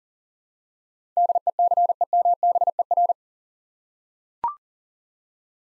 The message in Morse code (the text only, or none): DECEMBER